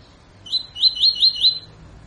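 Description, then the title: Double-collared seedeater song: five clear, upslurred whistled notes repeated evenly in about one second. Tutor song used to train birds; 'tui tui fibra' song style. "COLEIRO TUI TUI FIBRA CANTO PROFESSOR"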